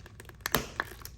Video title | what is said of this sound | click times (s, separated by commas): How To Install Cardo Freecom 4 Plus | And then you hear a click, and you know that your Cardo is in, set up properly, | 0.6 s